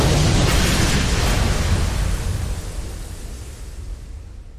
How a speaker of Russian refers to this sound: Затем резко крутит крышку, взрыв артефакта.